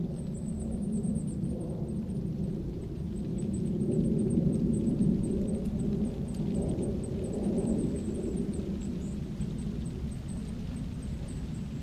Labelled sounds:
Goldcrest call

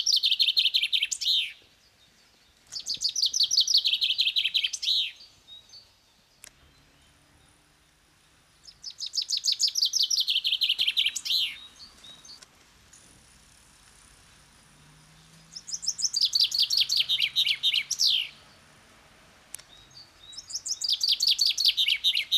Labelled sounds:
Common Chaffinch song

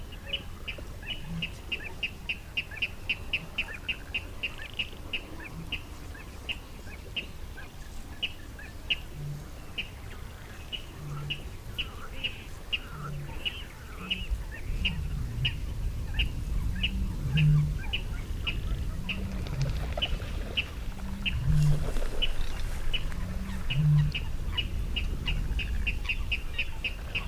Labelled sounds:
Water Rail

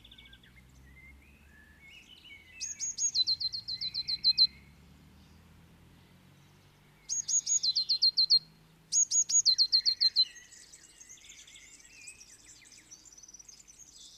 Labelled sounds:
Eurasian Blue Tit song

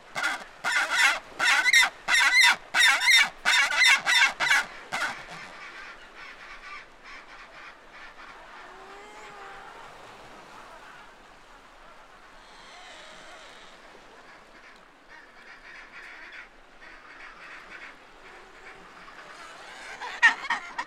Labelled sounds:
Chinstrap Penguin call

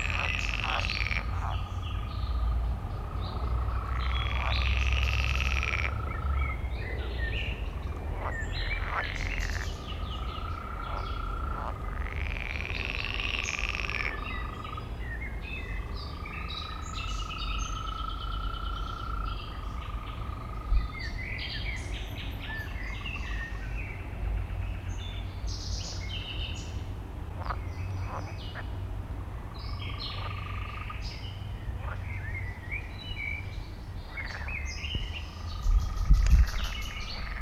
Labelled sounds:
Green Toad call

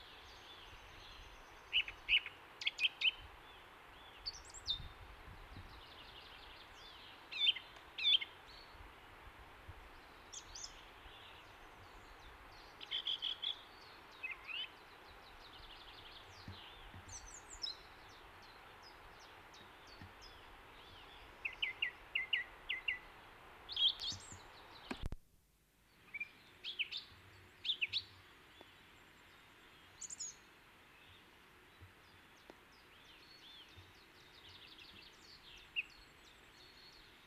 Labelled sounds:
Song Thrush song

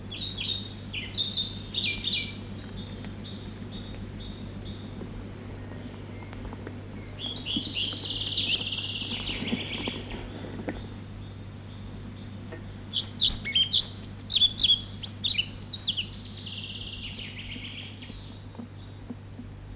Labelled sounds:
European Pied Flycatcher song

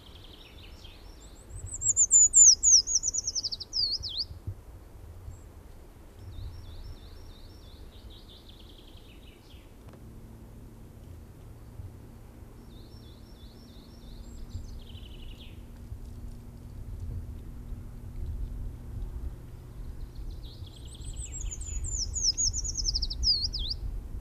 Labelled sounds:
Eurasian Treecreeper song

